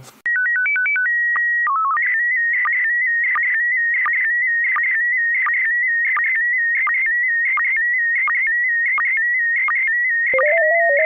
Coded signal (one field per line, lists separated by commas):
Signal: SSTV (slow-scan television)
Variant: PD 90